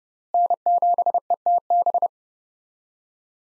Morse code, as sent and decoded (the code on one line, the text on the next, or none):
-. --... . - -...
N7ETB